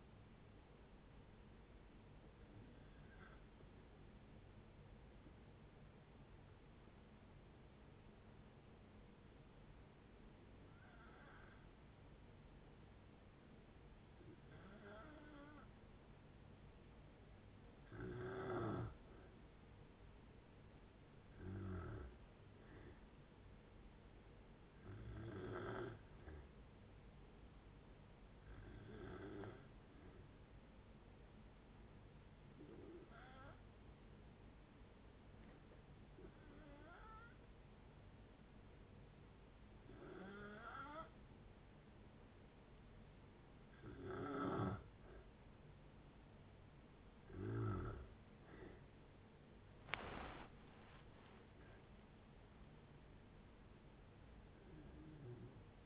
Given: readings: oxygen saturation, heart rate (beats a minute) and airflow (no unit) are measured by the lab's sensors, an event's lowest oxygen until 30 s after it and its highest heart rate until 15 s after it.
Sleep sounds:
breathing in sleep by a voice recorder at the bedside; 2
4.00-20.00 s: hypopnea (N2, oxygen 95% highest, then 90% lowest)
31.00-46.80 s: hypopnea (N2, oxygen 95% highest, then 91% lowest)
From the record:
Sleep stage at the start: N2 (light sleep); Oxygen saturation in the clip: 90 to 95%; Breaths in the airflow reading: 15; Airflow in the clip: -8.9 to 9.5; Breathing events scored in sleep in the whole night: 496 in 5.4 hours asleep

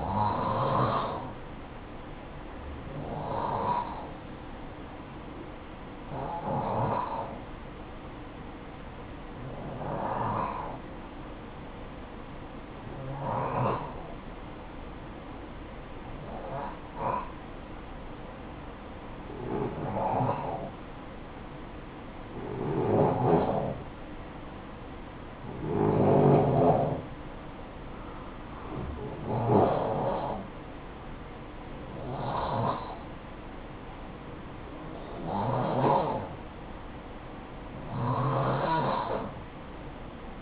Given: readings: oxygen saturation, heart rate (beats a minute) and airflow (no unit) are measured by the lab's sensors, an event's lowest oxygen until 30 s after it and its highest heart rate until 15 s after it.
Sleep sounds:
breathing in sleep by a voice recorder at the bedside; 1
5.00-27.90 s: hypopnea (N2, oxygen 93% highest, then 90% lowest, heart rate 56 at the start, 63 highest)
From the record:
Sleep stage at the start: N2 (light sleep); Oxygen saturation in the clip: 88 to 93%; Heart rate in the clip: 55 to 63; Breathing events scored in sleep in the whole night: 573 in 9.8 hours asleep

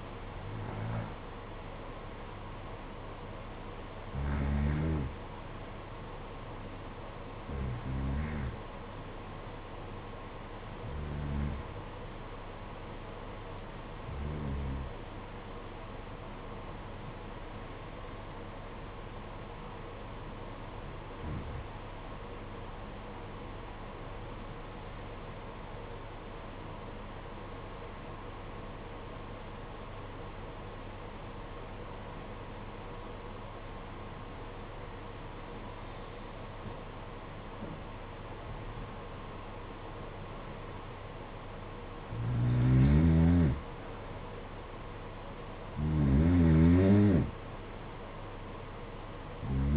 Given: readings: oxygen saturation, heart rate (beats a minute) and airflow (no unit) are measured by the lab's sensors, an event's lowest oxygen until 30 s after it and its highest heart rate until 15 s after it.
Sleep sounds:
breathing in sleep by a voice recorder at the bedside; 1
12.00-38.20 s: hypopnea (N1, oxygen 95% highest, then 87% lowest, heart rate 53 at the start, 60 highest)
From the record:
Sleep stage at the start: N1 (lightest sleep); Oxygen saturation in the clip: 88 to 95%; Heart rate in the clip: 52 to 60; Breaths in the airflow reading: 13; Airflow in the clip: -9.8 to 8.0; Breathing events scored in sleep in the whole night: 476 in 9.7 hours asleep

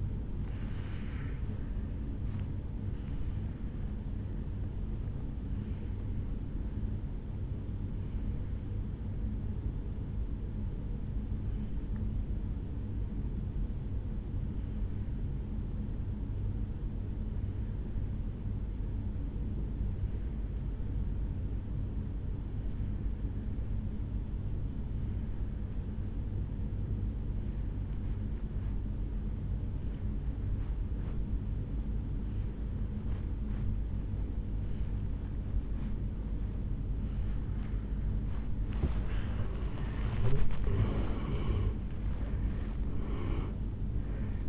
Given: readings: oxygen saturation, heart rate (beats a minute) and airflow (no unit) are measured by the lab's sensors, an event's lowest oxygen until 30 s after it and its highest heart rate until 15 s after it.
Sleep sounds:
breathing in sleep by a smartphone at the bedside; 1
9.00-38.90 s: obstructive apnea (N1, oxygen 96% highest, then 82% lowest, heart rate 57 at the start, 79 highest)
16.00-44.49 s: new sleep stage, N2 (light sleep)
From the record:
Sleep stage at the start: N1 (lightest sleep); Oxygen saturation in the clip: 83 to 96%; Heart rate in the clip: 53 to 77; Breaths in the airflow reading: 2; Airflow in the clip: -12.8 to 8.9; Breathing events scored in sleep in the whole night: 449 in 7.0 hours asleep

